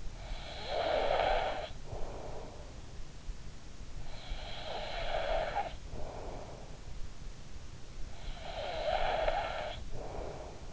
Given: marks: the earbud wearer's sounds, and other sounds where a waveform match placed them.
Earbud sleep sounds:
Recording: sounds in sleep by an in-ear microphone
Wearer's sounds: snoring breath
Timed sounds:
0.00-2.62 s: snoring breath
4.05-6.79 s: snoring breath
8.13-10.73 s: snoring breath

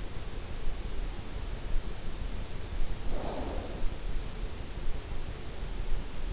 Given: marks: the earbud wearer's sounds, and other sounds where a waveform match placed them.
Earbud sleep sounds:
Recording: sounds in sleep by an in-ear microphone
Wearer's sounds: snoring breath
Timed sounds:
2.79-3.73 s: snoring breath

